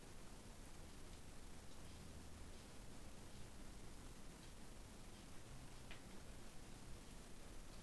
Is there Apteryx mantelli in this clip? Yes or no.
no